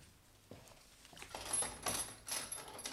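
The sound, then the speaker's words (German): A key rattles and turns in a door lock, giving a short series of bright metallic clicks and jingles over a few seconds, with no one speaking. “tu mir den Gefallen und schließ die Tür ab.”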